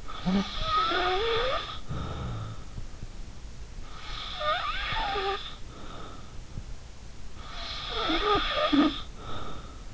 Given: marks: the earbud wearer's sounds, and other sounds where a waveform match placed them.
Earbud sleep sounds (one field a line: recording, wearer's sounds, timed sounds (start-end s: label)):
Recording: sounds in sleep by an in-ear microphone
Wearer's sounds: snoring breath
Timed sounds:
0.00-2.79 s: snoring breath
3.91-6.41 s: snoring breath
7.42-9.86 s: snoring breath